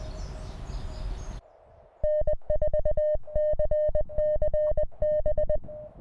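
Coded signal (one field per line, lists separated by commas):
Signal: Morse code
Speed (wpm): 20 wpm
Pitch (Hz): 610 Hz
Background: music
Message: N4CCB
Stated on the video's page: CW contest contacts in the New England QSO Party using an MTR3B QRP radio from a ridge.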